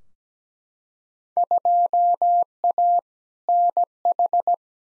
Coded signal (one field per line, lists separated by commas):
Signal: Morse code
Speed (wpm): 17 wpm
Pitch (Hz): 700 Hz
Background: none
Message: 2A NH